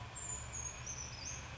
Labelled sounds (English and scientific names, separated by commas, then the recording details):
Brown Creeper (Certhia americana)
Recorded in Sonoma County, California